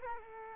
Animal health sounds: mosquito wingbeat signal from an infrared sensor; Culex quinquefasciatus

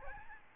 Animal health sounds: mosquito wingbeat signal from an infrared sensor; Aedes albopictus

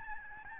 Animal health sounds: mosquito wingbeat signal from an infrared sensor; Aedes albopictus

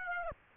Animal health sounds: mosquito wingbeat signal from an infrared sensor; Aedes aegypti

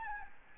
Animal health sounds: mosquito wingbeat signal from an infrared sensor; Aedes albopictus

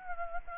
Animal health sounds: mosquito wingbeat signal from an infrared sensor; Aedes aegypti

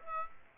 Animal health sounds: mosquito wingbeat signal from an infrared sensor; Aedes aegypti

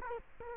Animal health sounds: mosquito wingbeat signal from an infrared sensor; Culex quinquefasciatus

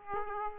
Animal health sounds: mosquito wingbeat signal from an infrared sensor; Aedes aegypti

